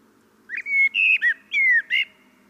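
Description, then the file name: Common blackbird song: one short phrase of clear, fluty whistled notes, some rising and some falling, ending in a brief burst. Nothing else stands out against the quiet background. "Turdus merula"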